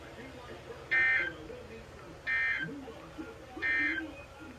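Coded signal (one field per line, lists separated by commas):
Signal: Emergency Alert System (SAME) tones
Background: speech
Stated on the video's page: Received on an HH-54 weather radio.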